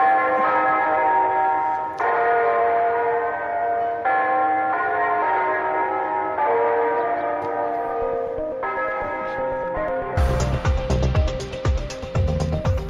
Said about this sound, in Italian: Credo che non è che capiti spesso di iniziare con le campane